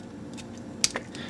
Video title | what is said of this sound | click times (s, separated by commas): Star Wars Rebels 3.75" (7th Sister Inquisitor, Darth Maul, Sabine & Kanan) Figures Review | and they just snap into place | 0.8 s